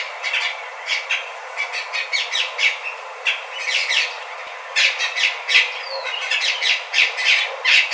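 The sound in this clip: Bird calls: many high, squawky and chirping notes in rapid bursts, with a constant hiss behind them.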